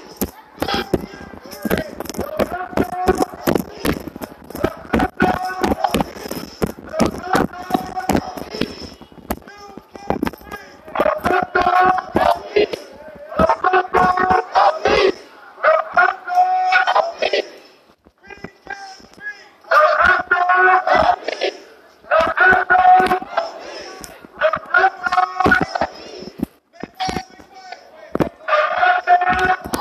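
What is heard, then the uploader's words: A protest crowd in Niagara Square, with shouted voices rising in repeated bursts over constant sharp clatter and knocking, pausing briefly between chants. Niagara Square Protest in Downtown Buffalo.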